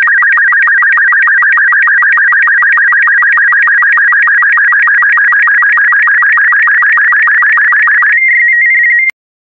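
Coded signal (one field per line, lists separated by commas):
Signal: SSTV (slow-scan television)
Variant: Robot36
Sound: rapid warbling whistle with quick regular ticks, ending in a short steady tone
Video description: This video has been specially made to be decoded using the SSTV Robot36 format.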